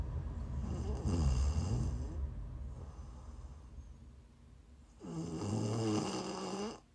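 Two loud, low, rattling snores on the in-breath, each lasting over a second, separated by a quieter breathing phase. The vibrating, buzzy tone comes from soft tissue fluttering in the throat during sleep, typical ordinary snoring, from an adult woman.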